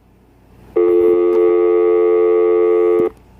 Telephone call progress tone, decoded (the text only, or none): dial tone